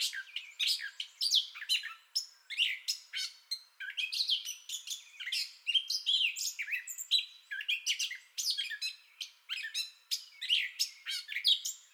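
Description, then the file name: Gray catbird pouring out a steady stream of varied chirps, whistles and raspy squeaks, phrases tumbling quickly one after another throughout. Entire song bout recorded 30 May 2021. "2021-05-30 Gray Catbird Entire Song Bout"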